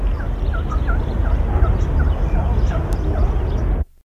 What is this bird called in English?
Mikado Pheasant